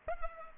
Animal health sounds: mosquito wingbeat signal from an infrared sensor; Culex pipiens

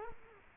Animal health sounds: mosquito wingbeat signal from an infrared sensor; Culex quinquefasciatus

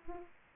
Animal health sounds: mosquito wingbeat signal from an infrared sensor; Aedes aegypti

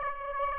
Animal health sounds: mosquito wingbeat signal from an infrared sensor; Aedes aegypti

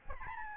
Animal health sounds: mosquito wingbeat signal from an infrared sensor; Aedes albopictus

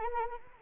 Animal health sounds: mosquito wingbeat signal from an infrared sensor; Anopheles arabiensis

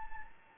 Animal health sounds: mosquito wingbeat signal from an infrared sensor; Anopheles gambiae

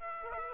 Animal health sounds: mosquito wingbeat signal from an infrared sensor; Aedes aegypti

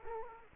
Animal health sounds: mosquito wingbeat signal from an infrared sensor; Culex quinquefasciatus

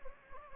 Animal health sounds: mosquito wingbeat signal from an infrared sensor; Anopheles gambiae

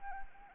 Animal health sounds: mosquito wingbeat signal from an infrared sensor; Anopheles arabiensis

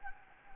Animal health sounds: mosquito wingbeat signal from an infrared sensor; Anopheles gambiae

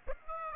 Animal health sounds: mosquito wingbeat signal from an infrared sensor; Aedes aegypti

